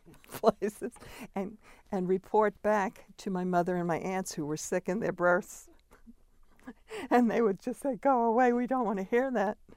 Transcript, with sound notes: places and — and report back to my mother and my aunts, who were sick in their berths. [laughs] And they would just say, "Go away. We don't want to hear that."